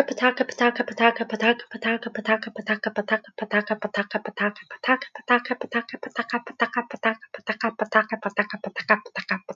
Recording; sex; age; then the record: repeated syllables /pa ta ka/; female; 40 to 49 years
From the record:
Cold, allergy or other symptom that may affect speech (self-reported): no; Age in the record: 44 years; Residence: Hong Kong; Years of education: 30